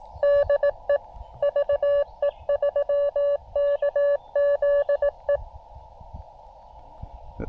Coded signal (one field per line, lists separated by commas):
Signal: Morse code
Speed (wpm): 18 wpm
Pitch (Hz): 570 Hz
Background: none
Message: DE VE3KZE